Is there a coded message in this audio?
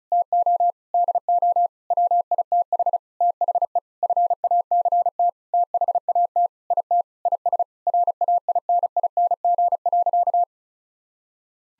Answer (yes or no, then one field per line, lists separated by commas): yes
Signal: Morse code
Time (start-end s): 0.1-10.4 s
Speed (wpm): 34 wpm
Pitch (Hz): 700 Hz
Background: none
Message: TO DO WITH THE FACT THAT IT IS RAINING.